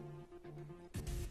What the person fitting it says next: Clicks, clicks again, and clicks again.